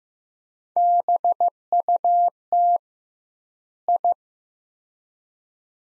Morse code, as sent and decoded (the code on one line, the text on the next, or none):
-... ..- - / ..
BUT I